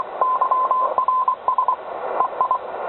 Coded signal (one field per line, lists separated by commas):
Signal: Morse code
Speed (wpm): 23 wpm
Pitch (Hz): 1020 Hz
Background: radio noise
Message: YRS EI